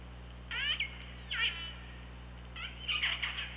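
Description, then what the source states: Killer whale calls, a few short harmonic calls, some sliding downward then flattening, over a low steady hum. Recorded by OrcaLab hydrophone on 24 August 2017 at 15:21.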